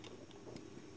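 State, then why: Not seated. The metal flap clasp on a leather Chloé Faye shoulder bag is handled as the leather flap is about to be lowered again, with the clasp meant to find its catch by itself. Soft handling rustle is heard, with a brief light tick near 0.1 s and fainter ticks later. Nothing has seated or clicked shut yet.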